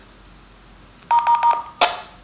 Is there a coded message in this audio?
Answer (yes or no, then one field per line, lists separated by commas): no